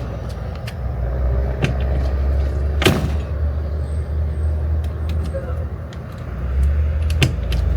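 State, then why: Not seated. At the roadside, someone repeatedly pushes and slams the entry door of a fifth wheel trailer shut, trying to get its latch to catch in the strike plate, producing sharp knocks around 1.6 s, 2.9 s and 7.2 s over a steady low vehicle rumble. The door latch has not caught or clicked into place.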